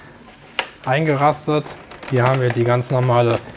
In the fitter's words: halt auch dem vlies filter und alt hier platzsparend gelöst das wird ihr ziel wieder so eingebaut eingerastet